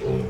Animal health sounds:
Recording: contact call of a hoofed animal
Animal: pig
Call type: closed-mouth grunt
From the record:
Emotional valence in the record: positive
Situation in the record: food and toys in familiar pen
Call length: 0.30 s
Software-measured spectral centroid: 1460 Hz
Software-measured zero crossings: 790 a second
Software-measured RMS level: -25 dBFS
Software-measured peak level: -14 dBFS

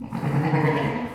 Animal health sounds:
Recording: contact call of a hoofed animal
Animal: sheep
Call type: low-frequency (closed-mouth) or high-frequency (open-mouth) call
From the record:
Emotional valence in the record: positive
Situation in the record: reunion with pen mate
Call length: 1.16 s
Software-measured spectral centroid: 1480 Hz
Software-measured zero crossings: 1250 a second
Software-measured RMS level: -24 dBFS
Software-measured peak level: -10 dBFS

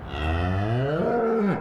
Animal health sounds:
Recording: contact call of a hoofed animal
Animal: cattle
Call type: low-frequency (closed-mouth) or high-frequency (open-mouth) call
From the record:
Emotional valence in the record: negative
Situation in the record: full separation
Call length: 1.61 s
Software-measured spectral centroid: 1070 Hz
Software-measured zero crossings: 1050 a second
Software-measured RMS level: -24 dBFS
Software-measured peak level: -13 dBFS

